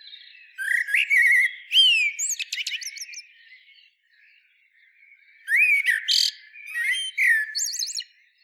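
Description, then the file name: Common blackbird delivering song phrases of fluty whistles followed by rapid, high, squeaky twittering, with a quiet gap in the middle. "Turdus merula"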